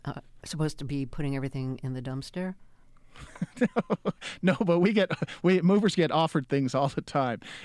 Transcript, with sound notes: supposed to be putting everything in the dumpster?
No (Laughter). But we get - movers get offered things all the time.